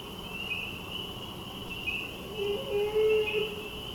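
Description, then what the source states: Beaver giving a single drawn-out, slightly rising whining tone lasting about a second, over a steady high insect chorus. Male beaver, calling in mourning.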